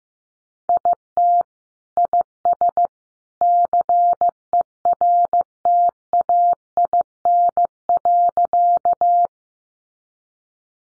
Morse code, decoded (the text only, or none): IT IS CERTAIN.